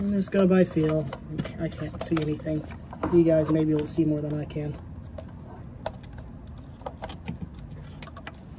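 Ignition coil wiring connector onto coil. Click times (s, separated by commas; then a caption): 8.0 s. Someone talks while reconnecting the plastic wiring connector to a rear ignition coil, largely out of sight, during a spark plug replacement on a 2009–2015 Honda Pilot or Odyssey. Small handling taps and rattles follow, then the connector clicks into place on the coil at 8.0 s and is seated.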